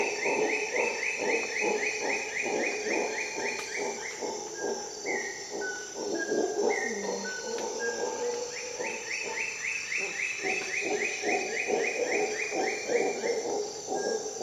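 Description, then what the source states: Howler monkey roars pulse steadily for the whole stretch, with two bursts of rapid rising bird whistles, a few level whistles, and a constant insect drone. Howler monkey calling at dawn in the Costa Rica jungle, during an expedition.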